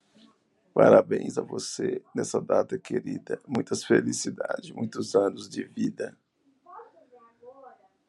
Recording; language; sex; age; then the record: short text; Brazilian Portuguese; male; 40 to 49 years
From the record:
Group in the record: control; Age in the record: 45 years